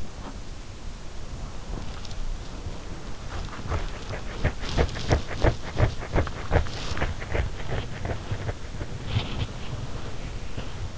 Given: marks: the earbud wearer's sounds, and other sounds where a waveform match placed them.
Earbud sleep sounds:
sounds in sleep by an in-ear microphone; body movement
0.00-10.97 s: body movement

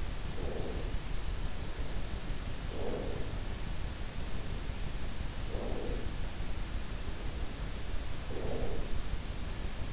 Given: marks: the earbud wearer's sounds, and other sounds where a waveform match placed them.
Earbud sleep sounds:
sounds in sleep by an in-ear microphone; breath
0.00-1.30 s: breath
2.52-3.70 s: breath
5.26-6.48 s: breath
7.93-9.23 s: breath

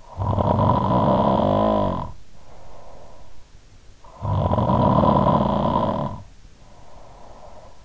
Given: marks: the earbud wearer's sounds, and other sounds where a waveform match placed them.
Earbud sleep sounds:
sounds in sleep by an in-ear microphone; snoring breath
0.01-3.48 s: snoring breath
3.94-7.85 s: snoring breath

